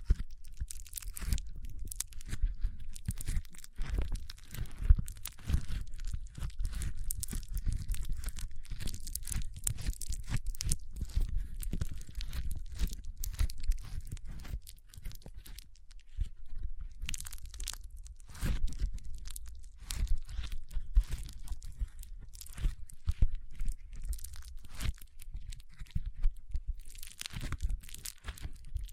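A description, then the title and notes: Foam being squeezed and rubbed, producing a dense run of crackly, crunching and tearing textures with strong low thumps underneath. The scratchy bursts come rapidly and irregularly throughout, briefly thinning around fifteen and eighteen seconds before resuming just as busy. ASMR Powerful Foam Brain Massage.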